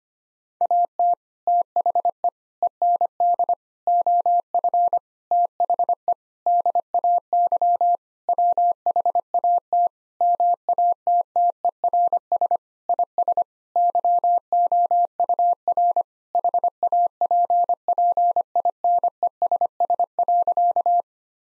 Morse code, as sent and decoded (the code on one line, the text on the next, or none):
.- - / - .... . / . -. -.. / --- ..-. / - .... . / -.. .- -.-- / .-- .... .- - / -- .- - - . .-. ... / .. ... / -.-- --- ..- .-. / .... .- .--. .--. .. -. . ... ... .-.-.-
AT THE END OF THE DAY WHAT MATTERS IS YOUR HAPPINESS.